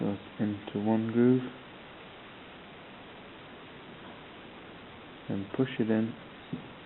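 A rubber piston seal is pushed by hand into its groove in the bore of a VFR400 front brake caliper while someone talks, in two bursts of speech separated by a few seconds of near silence. Nothing has seated or clicked yet.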